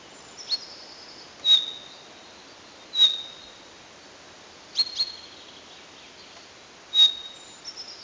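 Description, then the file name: Common chaffinch calls: short, sharp high notes with a brief whistled tail, given singly every second or two against a steady faint hiss. "Fringilla coelebs"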